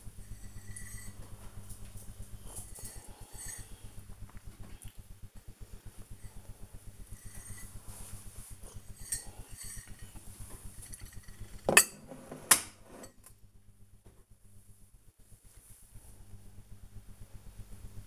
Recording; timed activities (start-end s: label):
household activities, microphone on the right wrist
0.00-9.84 s: drinking
3.83 s: note: voice